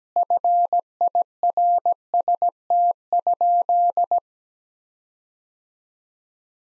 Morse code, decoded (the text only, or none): FIRST?